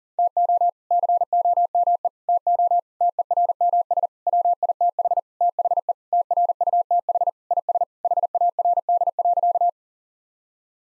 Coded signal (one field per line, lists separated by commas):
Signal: Morse code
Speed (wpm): 40 wpm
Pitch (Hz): 700 Hz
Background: none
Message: TO COME TO TERMS WITH THE TRUTH IS HARD.